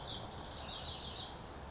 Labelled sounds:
House Wren (Troglodytes aedon)
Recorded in Sonoma County, California

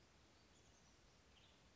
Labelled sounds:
Western Tanager (Piranga ludoviciana)
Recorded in Sonoma County, California

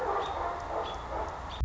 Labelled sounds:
American Robin (Turdus migratorius)
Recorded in Sonoma County, California

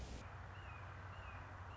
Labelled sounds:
Red-shouldered Hawk (Buteo lineatus)
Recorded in Sonoma County, California

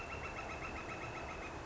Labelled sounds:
Northern Flicker (Colaptes auratus)
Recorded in Sonoma County, California

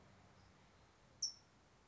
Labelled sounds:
California Towhee (Melozone crissalis)
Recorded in Sonoma County, California

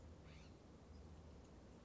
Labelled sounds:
California Scrub-Jay (Aphelocoma californica)
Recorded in Sonoma County, California

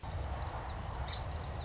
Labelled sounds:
Song Sparrow (Melospiza melodia)
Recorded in Sonoma County, California

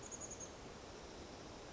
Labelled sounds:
Chestnut-backed Chickadee (Poecile rufescens)
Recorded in Sonoma County, California

